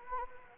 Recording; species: mosquito wingbeat signal from an infrared sensor; Anopheles gambiae